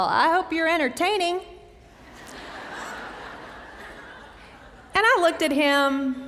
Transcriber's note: laughter